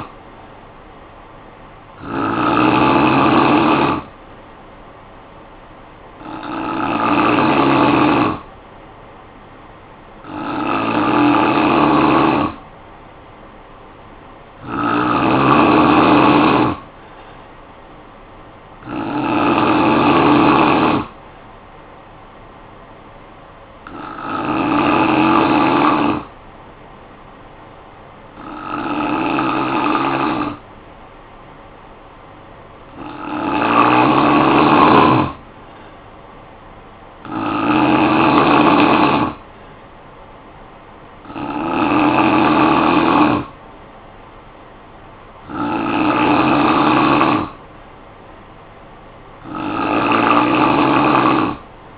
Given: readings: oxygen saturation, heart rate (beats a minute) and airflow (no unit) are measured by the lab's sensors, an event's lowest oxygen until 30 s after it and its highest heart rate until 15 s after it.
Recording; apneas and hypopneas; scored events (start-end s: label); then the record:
breathing in sleep by a voice recorder at the bedside; 1
26.00-38.10 s: hypopnea (N3, oxygen 93% highest, then 89% lowest, heart rate 55 at the start, 59 highest)
From the record:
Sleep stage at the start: N3 (deep sleep); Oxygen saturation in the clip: 89 to 93%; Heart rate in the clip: 52 to 60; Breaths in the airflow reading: 12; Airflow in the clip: -8.9 to 4.9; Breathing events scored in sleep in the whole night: 445 in 7.6 hours asleep